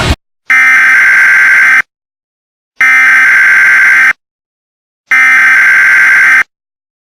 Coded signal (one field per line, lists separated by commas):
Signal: Emergency Alert System (SAME) tones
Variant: header bursts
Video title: (EAS Scenario) Invasion by Aliens